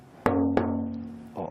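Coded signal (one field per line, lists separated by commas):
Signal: talking drum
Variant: Yoruba talking drum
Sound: three resonant low drum strokes, two close together, then a softer third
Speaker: and so how would we how would you say your name an oh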